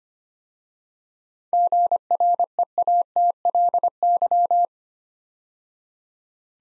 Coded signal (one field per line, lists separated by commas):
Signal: Morse code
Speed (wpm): 25 wpm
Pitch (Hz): 700 Hz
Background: none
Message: GREATLY